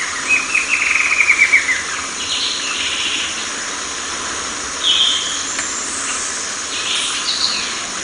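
Bird calling, a quick high trill of chirps at the start followed by a few brief, scattered notes against constant background hiss.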